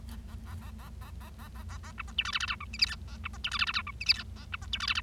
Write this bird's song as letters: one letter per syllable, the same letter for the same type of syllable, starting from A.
A A A A A A A A A A A B C D E F F G H I J K A B C D E F F G H I J K A B C D E F F